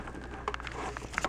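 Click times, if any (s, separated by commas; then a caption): none. A filled plastic Ninja blender cup is flipped over and handled against the blender motor base, making a few short knocks and taps around 0.5 s and 1.2 s over a low steady hum. Nothing has snapped or seated yet; the cup is not locked onto the base.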